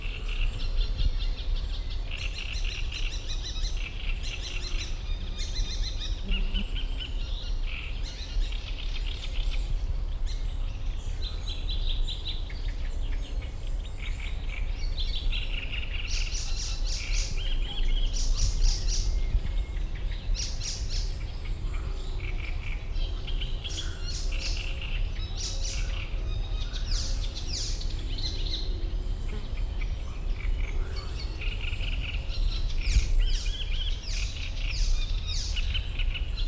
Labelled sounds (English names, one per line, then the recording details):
Great Reed Warbler
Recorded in the wild
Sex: male
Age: adult
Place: Blankenfelde, Berlin, DE
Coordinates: 52.332, 13.421
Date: 1993-05-30
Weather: heiter, 18-21°C
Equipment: Marantz CP 430, Sennheiser ME 80, Kopie Uher Variocord 263
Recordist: Tembrock, Günter